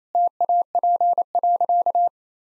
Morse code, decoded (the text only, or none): TAP.